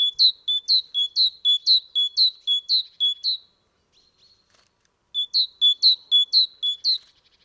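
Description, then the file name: Great tit singing bright, see-sawing two-note phrases at a brisk, steady pace, with a brief pause between two runs. "Parus major"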